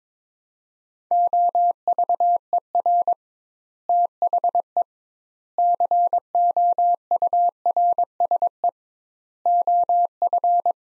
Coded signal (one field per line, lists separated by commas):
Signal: Morse code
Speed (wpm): 22 wpm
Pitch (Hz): 700 Hz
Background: none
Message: OVER THE COURSE OF